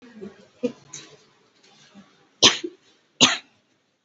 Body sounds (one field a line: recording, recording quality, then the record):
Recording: shallow voluntary cough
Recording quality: excellent, no background noise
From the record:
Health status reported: COVID-19 positive, mild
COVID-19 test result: positive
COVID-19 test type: RT-PCR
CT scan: not taken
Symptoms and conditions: cough, cold, fever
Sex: female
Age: 26 years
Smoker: no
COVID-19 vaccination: both doses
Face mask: worn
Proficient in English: yes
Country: India